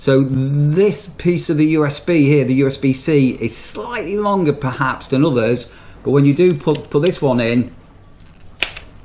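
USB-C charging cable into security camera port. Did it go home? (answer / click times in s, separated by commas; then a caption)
yes / 8.6 s. Someone talks about the supplied USB-C charging cable having a slightly longer plug, which a normal phone cable would not fully enter. The cable is then pushed into the port of a Campark SC23 wireless solar-powered security camera. A sharp click at 8.6 s shows it seating into place.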